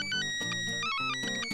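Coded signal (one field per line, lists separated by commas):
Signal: SSTV (slow-scan television)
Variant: Robot 72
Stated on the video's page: SSTV-style images encoded as audio onto and decoded from audio cassette tape.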